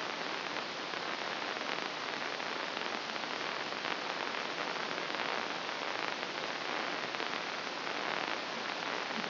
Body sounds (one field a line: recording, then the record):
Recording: brain microelectrode recording played as sound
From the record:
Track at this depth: inside the subthalamic nucleus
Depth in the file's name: 1.937 mm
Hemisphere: left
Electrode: 2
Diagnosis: Parkinson's disease